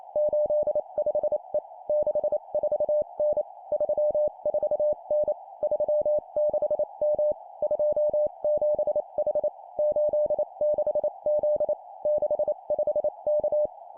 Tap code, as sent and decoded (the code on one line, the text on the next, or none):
none